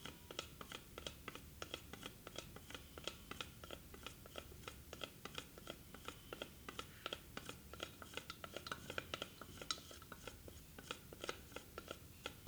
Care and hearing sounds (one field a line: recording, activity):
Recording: daily activity, guitar pickup as the sensor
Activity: fry